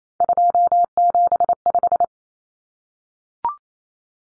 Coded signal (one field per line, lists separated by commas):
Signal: Morse code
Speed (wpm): 28 wpm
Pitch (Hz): 700 Hz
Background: none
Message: 275